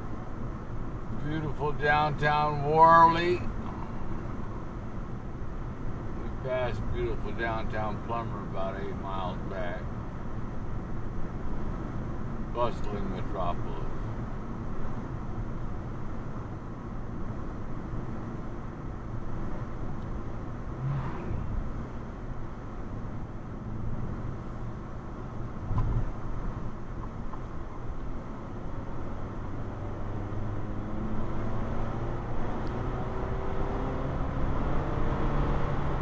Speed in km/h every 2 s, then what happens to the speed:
56, 56, 56, 58, 56, 56, 56, 56, 55, 55, 55, 55, 55, 53, 55, 69, 81, 89.
0-27 steady at about 56. 27-36 speeds up to 89.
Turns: none.